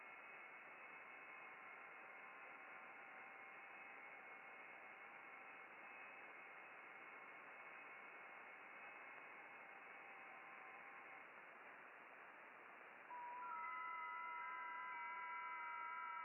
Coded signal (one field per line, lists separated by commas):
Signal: FT8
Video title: Working Ham radio FT8/SSB